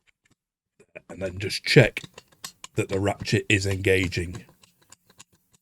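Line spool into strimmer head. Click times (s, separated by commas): 1.0 s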